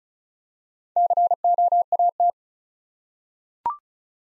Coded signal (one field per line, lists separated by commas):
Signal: Morse code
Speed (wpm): 36 wpm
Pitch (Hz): 700 Hz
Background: none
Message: COAT